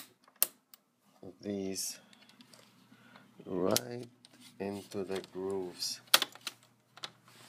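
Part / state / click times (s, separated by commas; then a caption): plastic screen bezel into laptop display lid / seated / 6.2 s, 7.0 s. A plastic LCD screen bezel for an Asus X55VD laptop is pressed into the grooves of the display lid while someone talks. Sharp plastic clicks at 6.2 s and 7.0 s mark the bezel clips snapping into place, and the bezel is seated.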